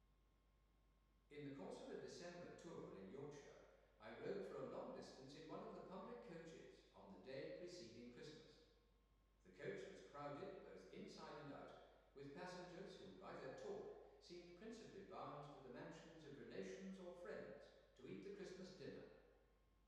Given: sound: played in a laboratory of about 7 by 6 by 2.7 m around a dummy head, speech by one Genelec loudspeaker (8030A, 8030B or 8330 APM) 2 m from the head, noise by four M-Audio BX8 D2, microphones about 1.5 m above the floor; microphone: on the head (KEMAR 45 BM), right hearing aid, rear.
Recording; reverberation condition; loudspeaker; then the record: male speech in English; high; 120 degrees to the left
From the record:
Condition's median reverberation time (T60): about 1300 ms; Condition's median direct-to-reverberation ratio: about -4.0 dB